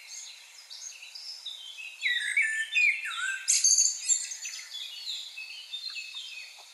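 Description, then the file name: Common blackbird calling, a few loud slurred notes around the middle amid dense, continuous high twittering. "Turdus merula"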